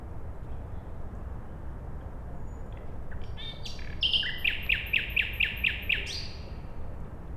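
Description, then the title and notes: Common nightingale song: soft clicks, then a loud run of about seven sharp, evenly spaced notes lasting two seconds, over a steady low background rumble. At night beside a road, Siemianowice Śląskie, Poland, 20 May 2019; Zoom H5 and Audio-Technica BP4025. "Bohaterów Westerplatte, 41-106 Siemianowice Śląskie, Polska - Nightingale. Poniedziałek, 20 maja 2019. Noc. Słowik przy drodze. Nagrania terenowe Siemianowic Śląskich - Dźwiękowy Portret Miasta"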